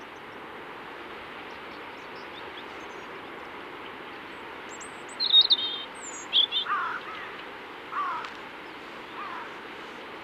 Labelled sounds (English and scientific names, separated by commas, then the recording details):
European Robin (Erithacus rubecula) song
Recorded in the wild
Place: Oberstdorf, Bayern, DE
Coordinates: 47.4017, 10.22
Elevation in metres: 1013
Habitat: mountains
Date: 1976-04-04
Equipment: Nagra IV, Sennheiser MKH 405, Parabolreflektor
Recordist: Tretzel, Erwin